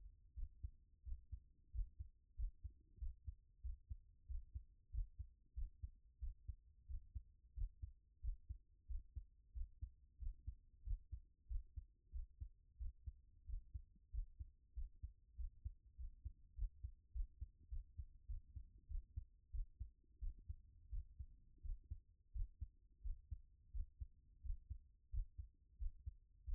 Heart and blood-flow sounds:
heart sounds by stethoscope; 92 bpm
0.34 s: heartbeat
1.04 s: heartbeat
1.71 s: heartbeat
2.36 s: heartbeat
2.98 s: heartbeat
3.62 s: heartbeat
4.27 s: heartbeat
4.90 s: heartbeat
5.54 s: heartbeat
6.19 s: heartbeat
6.86 s: heartbeat
7.54 s: heartbeat
8.21 s: heartbeat
8.87 s: heartbeat
9.53 s: heartbeat
10.18 s: heartbeat
10.83 s: heartbeat
11.47 s: heartbeat
12.11 s: heartbeat
12.77 s: heartbeat
13.45 s: heartbeat
14.10 s: heartbeat
14.74 s: heartbeat
15.36 s: heartbeat
15.96 s: heartbeat
16.55 s: heartbeat
17.12 s: heartbeat
17.69 s: heartbeat
18.27 s: heartbeat
18.87 s: heartbeat
19.51 s: heartbeat
20.19 s: heartbeat
20.90 s: heartbeat
21.62 s: heartbeat
22.32 s: heartbeat
23.02 s: heartbeat
23.72 s: heartbeat
24.42 s: heartbeat
25.10 s: heartbeat
25.78 s: heartbeat
26.45 s: heartbeat
From the record:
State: at rest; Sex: female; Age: 24 years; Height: 178 cm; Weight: 71 kg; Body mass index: 22.41

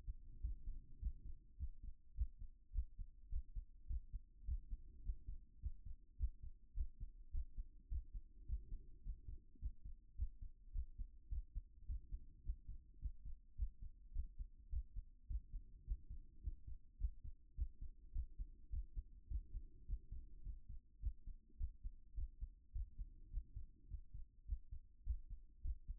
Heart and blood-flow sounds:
heart sounds by stethoscope; 104 bpm
0.40 s: heartbeat
0.98 s: heartbeat
1.56 s: heartbeat
2.13 s: heartbeat
2.71 s: heartbeat
3.28 s: heartbeat
3.86 s: heartbeat
4.44 s: heartbeat
5.01 s: heartbeat
5.58 s: heartbeat
6.16 s: heartbeat
6.73 s: heartbeat
7.30 s: heartbeat
7.87 s: heartbeat
8.44 s: heartbeat
9.01 s: heartbeat
9.58 s: heartbeat
10.14 s: heartbeat
10.71 s: heartbeat
11.28 s: heartbeat
11.85 s: heartbeat
12.41 s: heartbeat
12.98 s: heartbeat
13.54 s: heartbeat
14.11 s: heartbeat
14.68 s: heartbeat
15.26 s: heartbeat
15.83 s: heartbeat
16.40 s: heartbeat
16.97 s: heartbeat
17.54 s: heartbeat
18.11 s: heartbeat
18.69 s: heartbeat
19.27 s: heartbeat
19.84 s: heartbeat
20.42 s: heartbeat
20.99 s: heartbeat
21.56 s: heartbeat
22.14 s: heartbeat
22.71 s: heartbeat
23.29 s: heartbeat
23.87 s: heartbeat
24.45 s: heartbeat
25.03 s: heartbeat
25.61 s: heartbeat
From the record:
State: after exercise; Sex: male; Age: 40 years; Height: 190 cm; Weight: 114 kg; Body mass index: 31.58

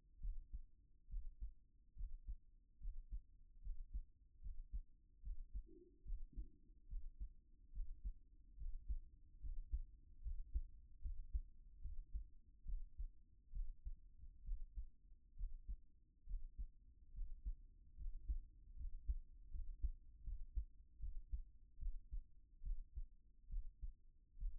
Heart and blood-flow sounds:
heart sounds by stethoscope; 71 bpm
0.19 s: heartbeat
1.08 s: heartbeat
1.95 s: heartbeat
2.79 s: heartbeat
3.61 s: heartbeat
4.40 s: heartbeat
5.21 s: heartbeat
6.04 s: heartbeat
6.87 s: heartbeat
7.71 s: heartbeat
8.56 s: heartbeat
9.39 s: heartbeat
10.21 s: heartbeat
11.00 s: heartbeat
11.80 s: heartbeat
12.64 s: heartbeat
13.51 s: heartbeat
14.43 s: heartbeat
15.35 s: heartbeat
16.25 s: heartbeat
17.12 s: heartbeat
17.95 s: heartbeat
18.75 s: heartbeat
19.49 s: heartbeat
20.22 s: heartbeat
20.98 s: heartbeat
21.78 s: heartbeat
22.62 s: heartbeat
23.48 s: heartbeat
24.37 s: heartbeat
From the record:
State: at rest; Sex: female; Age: 25 years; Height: 170 cm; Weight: 60 kg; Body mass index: 20.76

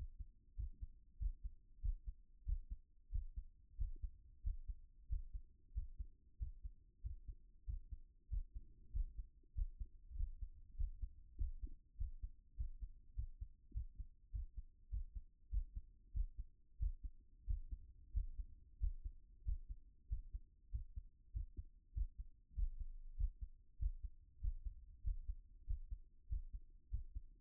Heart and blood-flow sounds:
heart sounds by stethoscope; 96 bpm
0.55 s: heartbeat
1.17 s: heartbeat
1.80 s: heartbeat
2.44 s: heartbeat
3.10 s: heartbeat
3.76 s: heartbeat
4.41 s: heartbeat
5.07 s: heartbeat
5.72 s: heartbeat
6.37 s: heartbeat
7.01 s: heartbeat
7.64 s: heartbeat
8.28 s: heartbeat
8.91 s: heartbeat
9.53 s: heartbeat
10.14 s: heartbeat
10.75 s: heartbeat
11.36 s: heartbeat
11.96 s: heartbeat
12.55 s: heartbeat
13.14 s: heartbeat
13.72 s: heartbeat
14.30 s: heartbeat
14.89 s: heartbeat
15.49 s: heartbeat
16.12 s: heartbeat
16.77 s: heartbeat
17.45 s: heartbeat
18.12 s: heartbeat
18.78 s: heartbeat
19.43 s: heartbeat
20.07 s: heartbeat
20.70 s: heartbeat
21.31 s: heartbeat
21.92 s: heartbeat
22.54 s: heartbeat
23.15 s: heartbeat
23.77 s: heartbeat
24.39 s: heartbeat
25.02 s: heartbeat
25.65 s: heartbeat
26.27 s: heartbeat
26.89 s: heartbeat
From the record:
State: at rest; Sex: male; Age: 37 years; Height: 180 cm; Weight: 87 kg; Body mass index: 26.85

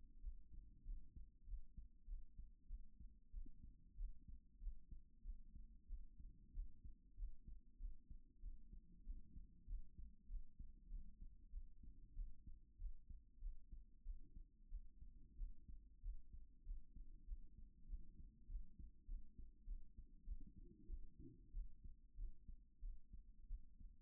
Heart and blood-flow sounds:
heart sounds by stethoscope; 95 bpm
0.21 s: heartbeat
0.83 s: heartbeat
1.44 s: heartbeat
2.05 s: heartbeat
2.67 s: heartbeat
3.30 s: heartbeat
3.95 s: heartbeat
4.58 s: heartbeat
5.22 s: heartbeat
5.87 s: heartbeat
6.52 s: heartbeat
7.15 s: heartbeat
7.77 s: heartbeat
8.40 s: heartbeat
9.03 s: heartbeat
9.65 s: heartbeat
10.27 s: heartbeat
10.88 s: heartbeat
11.50 s: heartbeat
12.13 s: heartbeat
12.76 s: heartbeat
13.39 s: heartbeat
14.03 s: heartbeat
14.69 s: heartbeat
15.36 s: heartbeat
16.00 s: heartbeat
16.63 s: heartbeat
17.25 s: heartbeat
17.86 s: heartbeat
18.46 s: heartbeat
19.06 s: heartbeat
19.65 s: heartbeat
20.25 s: heartbeat
20.86 s: heartbeat
21.51 s: heartbeat
22.15 s: heartbeat
22.80 s: heartbeat
23.47 s: heartbeat
From the record:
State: after exercise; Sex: female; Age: 37 years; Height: 160 cm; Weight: 68 kg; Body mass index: 26.56

